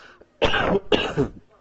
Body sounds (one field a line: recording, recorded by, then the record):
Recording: voluntary cough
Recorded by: messaging app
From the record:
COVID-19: negative